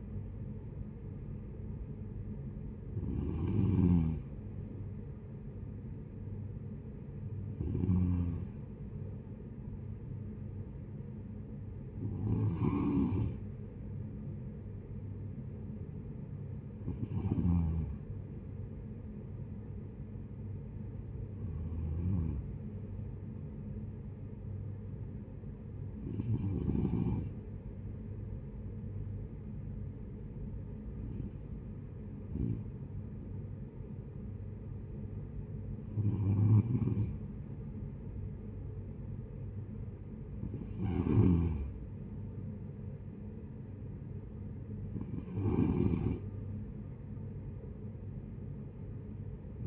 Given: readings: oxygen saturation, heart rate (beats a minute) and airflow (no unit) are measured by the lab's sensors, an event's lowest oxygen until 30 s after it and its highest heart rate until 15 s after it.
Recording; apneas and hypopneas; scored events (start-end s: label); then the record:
breathing in sleep by a smartphone at the bedside; none
none scored
From the record:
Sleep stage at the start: N1 (lightest sleep); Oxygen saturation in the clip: 94 to 95%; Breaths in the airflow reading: 10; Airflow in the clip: -12.4 to 10.3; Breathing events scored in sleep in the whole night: 496 in 5.4 hours asleep